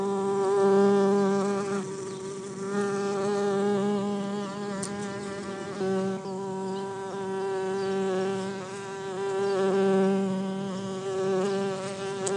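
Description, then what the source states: Bumblebee buzzing, a sustained harmonic drone with several wavering tones, gently pulsing louder and softer over the whole stretch. Bumblebee hive.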